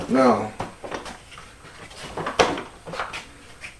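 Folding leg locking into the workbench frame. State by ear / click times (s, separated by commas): seated / 2.4 s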